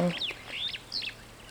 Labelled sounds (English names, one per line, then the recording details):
Superb Starling flight call
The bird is a female
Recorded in Kenya on 8 June 2010
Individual 50, of group MRC1